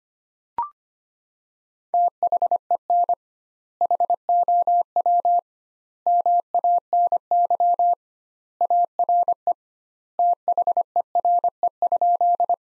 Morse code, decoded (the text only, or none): THEN HOW MANY ARE THERE?